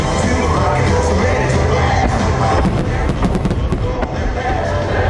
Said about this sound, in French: C'était la 13e édition annuelle de ce festival-là. Ça a eu lieu le 11 octobre dernier. Et même que vous êtes gentil, donc je vous fais entendre ces feux d'artifice-là. C'est tellement pertinent.